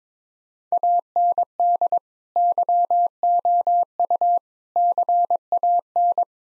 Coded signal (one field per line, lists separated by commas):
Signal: Morse code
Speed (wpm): 21 wpm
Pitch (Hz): 700 Hz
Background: none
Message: AND YOU CAN